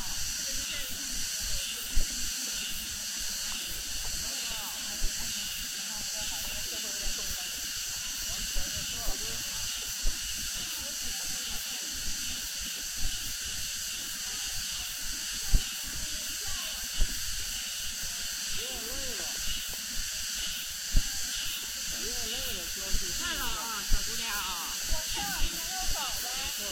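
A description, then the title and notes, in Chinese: Cicadas drone steadily and brightly after rain, a dense unbroken buzz, with faint voices and occasional sharp clicks underneath. 坐落在南京紫金山独龙阜玩珠峰下，东毗中山陵，南临梅花山。南京明孝陵的雨后蝉鸣。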